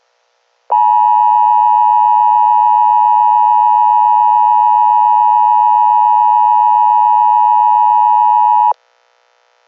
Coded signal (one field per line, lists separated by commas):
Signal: Emergency Alert System (SAME) tones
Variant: 853 and 960 Hz attention tone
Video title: EAS scenario: Reanimation Syndrome (zombie apocalypse)